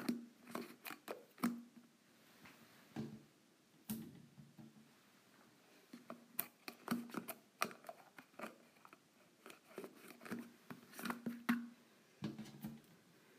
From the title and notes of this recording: ASMR Lid Unscrewing.